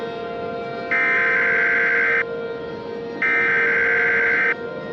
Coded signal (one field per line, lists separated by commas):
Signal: Emergency Alert System (SAME) tones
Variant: header bursts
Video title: July 4th in Albany [EAS Scenario]